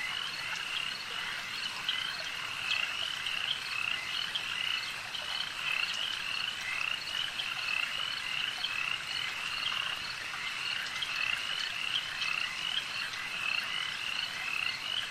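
Frogs call through the night in a swamp, a dense chorus of overlapping croaks and chirps that repeats quickly and evenly for the whole stretch. The calls sit in a bright, high band over a steady hiss, with little change in loudness.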